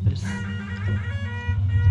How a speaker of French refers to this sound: Je crois que c'est une bombarde.